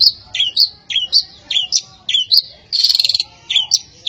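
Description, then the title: Long-tailed shrike song of short slurred whistled notes, broken by a quick rattling trill, over a faint low hum. "Cendet"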